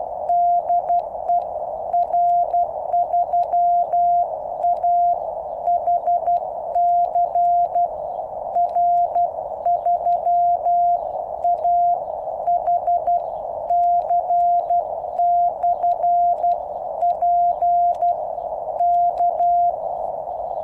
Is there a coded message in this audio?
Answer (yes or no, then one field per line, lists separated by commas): yes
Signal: Morse code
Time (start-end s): 0.3-19.7 s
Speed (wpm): 12 wpm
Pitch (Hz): 700 Hz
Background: radio noise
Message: DE R3AHC R3AHC/P K